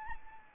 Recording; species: mosquito wingbeat signal from an infrared sensor; Anopheles arabiensis